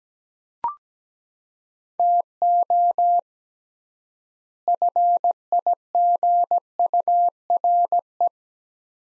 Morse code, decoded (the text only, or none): TO FIGURE